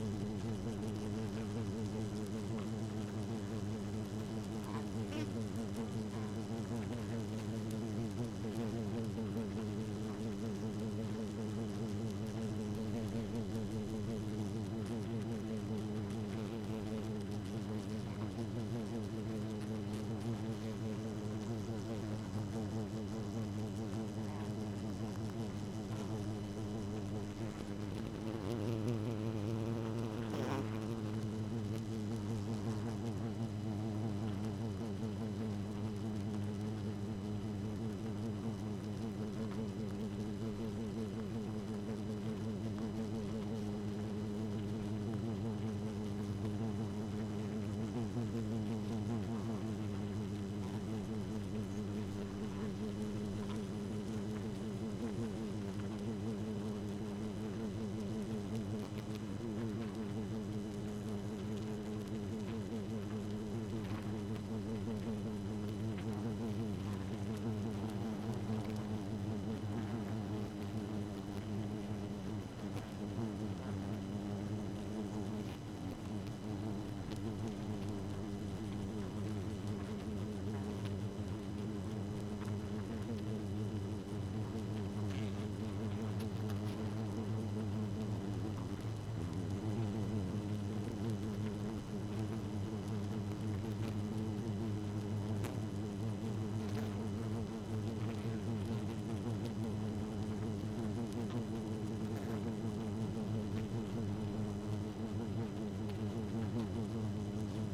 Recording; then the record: honeybee colony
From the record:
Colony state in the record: active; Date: 12 June 2018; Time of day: 0:14